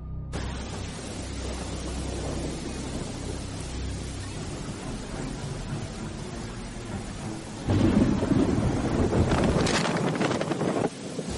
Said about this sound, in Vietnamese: trời mưa như trút nước, những giọt mưa quất rằng rạc trên nóc chiếc xe đang chạy hết tốc độ.